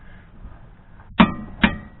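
A click-type torque wrench set to 100 ft-lb tightens a rear shock absorber bolt on a 2018 Malibu. After a faint tick at 1.0 s, the wrench gives a sharp metallic click at 1.2 s as it reaches the setting, followed by a second ringing clang at 1.7 s. The bolt is confirmed torqued to 100 ft-lb.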